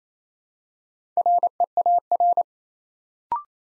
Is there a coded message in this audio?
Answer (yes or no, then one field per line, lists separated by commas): yes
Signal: Morse code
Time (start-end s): 1.2-2.4 s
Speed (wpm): 27 wpm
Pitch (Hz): 700 Hz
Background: none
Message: REAR